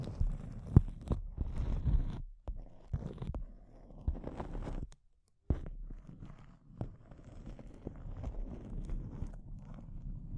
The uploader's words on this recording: ASMR Intense Close-Up Crinkles (No Talking).